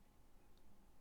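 A plastic toy brick part is handled near the small pins of a toy truck build, just before being pushed on to click into place. Only faint, low-level handling noise is heard, with no distinct click. Nothing has seated or clicked yet.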